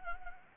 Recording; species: mosquito wingbeat signal from an infrared sensor; Anopheles gambiae